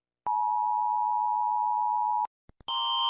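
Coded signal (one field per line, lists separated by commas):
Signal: Emergency Alert System (SAME) tones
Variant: 853 and 960 Hz attention tone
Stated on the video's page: Rating of EAS alarms, not a real alert.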